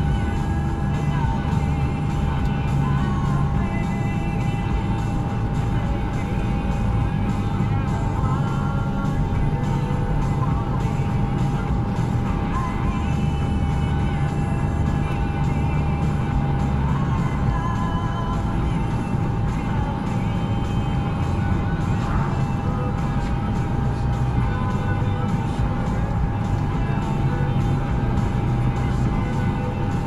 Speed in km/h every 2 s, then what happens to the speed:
76, 74, 74, 74, 76, 77, 77, 81, 82, 82, 82, 81, 84, 85, 82.
0-30 speeds up to 82.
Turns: none.